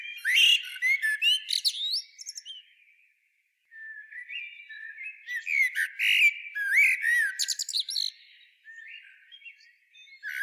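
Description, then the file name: Common blackbird warbling song, flute-like notes mixed with shrill, squeaky high flourishes, two long phrases broken by a short silence. "Turdus merula"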